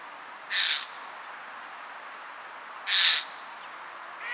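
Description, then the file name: Eurasian jay giving two loud, hoarse screeches about two and a half seconds apart, with the start of a third at the end, over faint hiss. "Garrulus glandarius"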